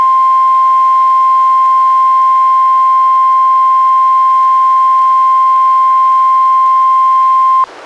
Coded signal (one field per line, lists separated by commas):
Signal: Emergency Alert System (SAME) tones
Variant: 1050 Hz attention tone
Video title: EAS #205: NWR Required Monthly Test- Oct. 19, 2017- 10:19AM PDT